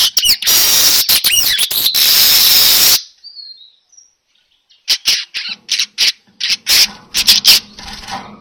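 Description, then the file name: Weaver song of loud buzzing hiss laced with squeaky notes, then a near-silent pause with faint notes, followed by a string of short high chips and sizzling bursts at irregular intervals. Lure sound of a weaver (burung manyar) in vigorous, continuous 'gacor' song. "Suara Pancingan Burung Manyar Gacor Dor"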